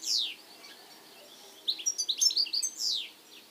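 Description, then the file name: European goldfinch calls: one high downslurred note, a quiet gap, then a rapid cluster of bright tinkling chirps ending in another sliding note. "Carduelis carduelis"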